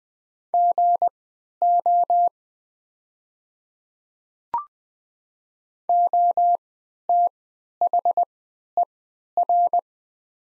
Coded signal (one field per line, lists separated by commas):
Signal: Morse code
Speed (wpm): 20 wpm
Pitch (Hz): 700 Hz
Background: none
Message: GO OTHER